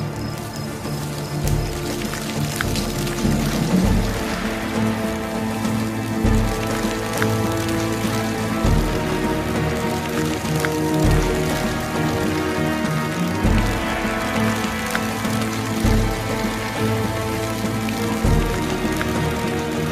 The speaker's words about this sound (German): Wir brauchen einen Schlauch. Hier, ich hab einen. Los, anschmeißen. Wassermarsch.